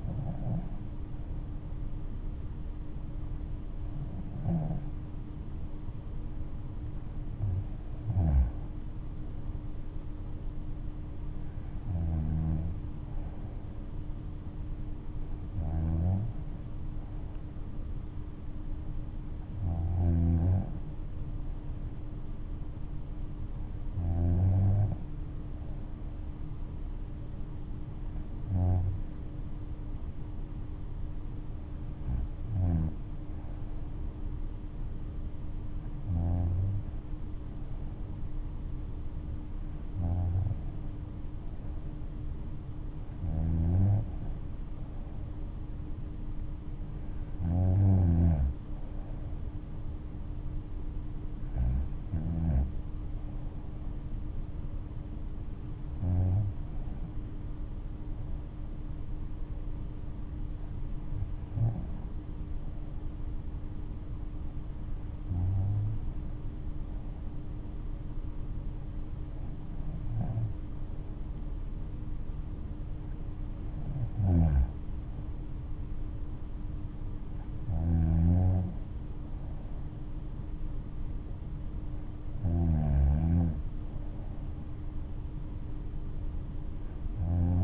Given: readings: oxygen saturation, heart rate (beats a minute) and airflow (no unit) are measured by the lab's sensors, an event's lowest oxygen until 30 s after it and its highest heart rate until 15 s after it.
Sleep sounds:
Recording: breathing in sleep by a smartphone at the bedside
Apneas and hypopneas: none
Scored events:
none scored
From the record:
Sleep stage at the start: N3 (deep sleep)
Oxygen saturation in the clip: 95 to 96%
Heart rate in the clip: 58 to 73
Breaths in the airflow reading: 21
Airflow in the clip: -6.0 to 6.1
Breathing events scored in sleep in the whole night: 228 in 5.4 hours asleep

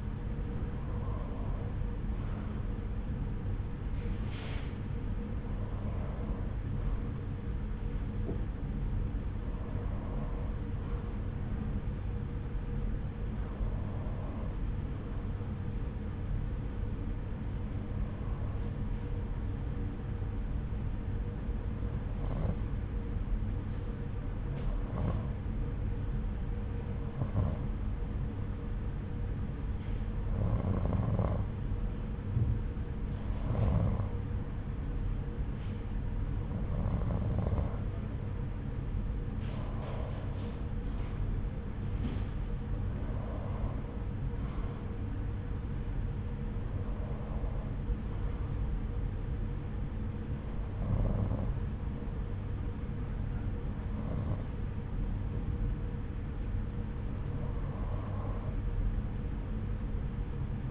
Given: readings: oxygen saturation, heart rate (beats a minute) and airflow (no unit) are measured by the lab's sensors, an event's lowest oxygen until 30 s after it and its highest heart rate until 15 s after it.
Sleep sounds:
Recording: breathing in sleep by a smartphone at the bedside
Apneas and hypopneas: 1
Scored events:
11.00-40.10 s: hypopnea (N1, oxygen 93% highest, then 90% lowest, heart rate 78 at the start, 83 highest)
From the record:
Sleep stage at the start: N1 (lightest sleep)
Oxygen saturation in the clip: 91 to 93%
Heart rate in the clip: 71 to 83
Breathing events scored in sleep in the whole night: 303 in 8.1 hours asleep

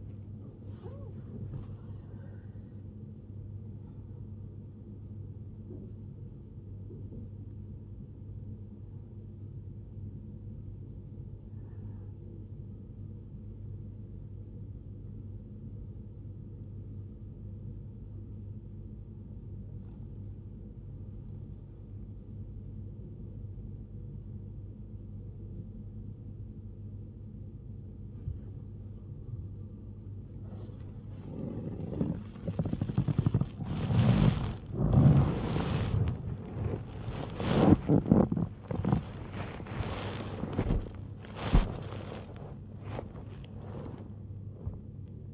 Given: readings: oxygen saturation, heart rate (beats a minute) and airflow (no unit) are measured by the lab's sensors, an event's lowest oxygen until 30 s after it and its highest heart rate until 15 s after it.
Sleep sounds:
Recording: breathing in sleep by a smartphone at the bedside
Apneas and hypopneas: 1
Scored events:
5.00-17.30 s: hypopnea (N2, oxygen 96% highest, then 90% lowest, heart rate 107 at the start, 108 highest)
29.00-45.34 s: new sleep stage, N1 (lightest sleep)
From the record:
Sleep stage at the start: N2 (light sleep)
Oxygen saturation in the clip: 90 to 96%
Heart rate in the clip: 79 to 108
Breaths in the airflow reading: 19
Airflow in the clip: -0.7 to 0.6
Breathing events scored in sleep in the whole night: 103 in 8.4 hours asleep

